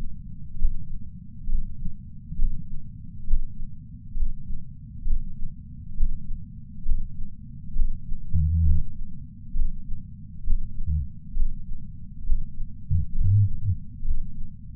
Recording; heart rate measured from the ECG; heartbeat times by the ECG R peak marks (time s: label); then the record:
heart sounds by patch sensor on the chest; 67 bpm
0.60 s: heartbeat
1.50 s: heartbeat
2.39 s: heartbeat
3.28 s: heartbeat
4.18 s: heartbeat
5.08 s: heartbeat
5.98 s: heartbeat
6.86 s: heartbeat
7.77 s: heartbeat
8.66 s: heartbeat
9.57 s: heartbeat
10.48 s: heartbeat
11.37 s: heartbeat
12.27 s: heartbeat
13.16 s: heartbeat
14.06 s: heartbeat
From the record:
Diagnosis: coronary artery disease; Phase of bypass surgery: preoperative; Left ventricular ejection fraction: 69.1%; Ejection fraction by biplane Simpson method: 68.2%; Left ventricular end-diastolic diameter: 44 mm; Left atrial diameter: 36 mm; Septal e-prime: 8.3 cm/s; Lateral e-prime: 8.5 cm/s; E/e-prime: 10.7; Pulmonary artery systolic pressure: 35 mmHg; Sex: male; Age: 76 years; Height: 165 cm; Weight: 79 kg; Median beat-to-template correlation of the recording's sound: 0.89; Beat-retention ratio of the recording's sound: 0.98